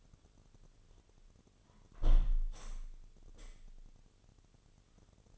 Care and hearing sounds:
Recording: daily activity, microphone in the room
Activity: close window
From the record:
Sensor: 4

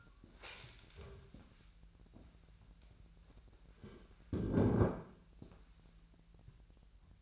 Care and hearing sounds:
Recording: daily activity, microphone in the room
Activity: stand up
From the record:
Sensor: 2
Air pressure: 1001.4 hPa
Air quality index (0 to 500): 242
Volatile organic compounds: 76 ppm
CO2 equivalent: 3575 ppm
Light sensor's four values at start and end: 7/17/7/7 and 6/14/5/6

